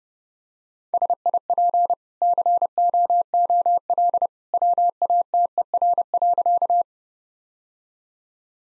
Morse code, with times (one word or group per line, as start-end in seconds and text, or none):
0.9-1.9 SIP
2.2-4.3 COOL
4.5-6.8 WATER.